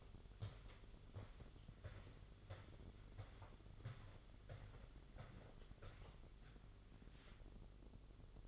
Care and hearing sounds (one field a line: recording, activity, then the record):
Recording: daily activity, microphone in the room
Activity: walk to room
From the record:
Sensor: 4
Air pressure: 1009.0 hPa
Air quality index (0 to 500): 143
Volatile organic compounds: 2 ppm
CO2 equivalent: 1035 ppm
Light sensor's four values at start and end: 14/31/12/12 and 12/27/10/10